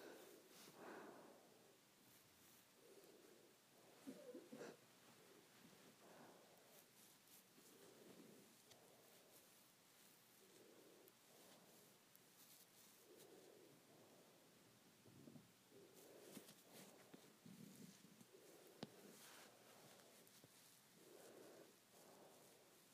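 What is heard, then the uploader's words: Hair being played with and rubbed, a steady run of soft rustling strokes every second or so, with brief bright crackles between them. Playing with my Hair.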